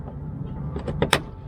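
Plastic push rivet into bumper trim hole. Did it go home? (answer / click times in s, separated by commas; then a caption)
yes / 1.0 s, 1.1 s. A plastic push rivet (trim screw) is aligned and pushed into a bumper trim hole on a Honda Civic Sport Hatchback during a LASFIT Switchback foglight installation. Low background rumble leads into a faint tick near 0.9 s, then sharp snaps at 1.0 s and 1.1 s. The rivet is fully seated.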